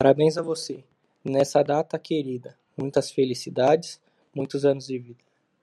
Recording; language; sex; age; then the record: short text; Brazilian Portuguese; male; 20 to 29 years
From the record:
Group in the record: control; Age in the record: 25 years